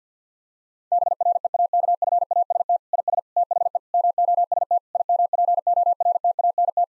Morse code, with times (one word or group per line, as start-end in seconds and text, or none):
0.9-2.8 BREAKFAST
2.9-3.2 IS
3.4-3.8 THE
3.9-4.8 MOST
5.0-6.8 IMPORTANT